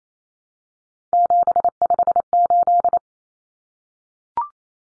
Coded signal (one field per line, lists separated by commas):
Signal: Morse code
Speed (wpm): 28 wpm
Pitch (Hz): 700 Hz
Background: none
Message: 758